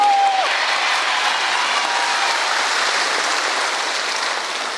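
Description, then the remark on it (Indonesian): A crowd applauds steadily, a dense wash of many hands clapping at an even, loud level throughout, tapering only slightly toward the end, with no talking. “Ora usah tepuk tangan. Apa artinya tepuk tangan tanpa saweran?”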